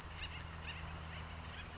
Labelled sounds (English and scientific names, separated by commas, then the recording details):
Acorn Woodpecker (Melanerpes formicivorus)
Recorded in Sonoma County, California